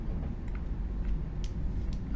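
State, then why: Seated. A stiff locking part on a black WE M92 Beretta airsoft pistol, either the slide catch or the magazine, is worked against a low steady rumble, with faint small ticks around 0.5 and 1.9 seconds. At 1.4 seconds a sharp click sounds as it locks into place.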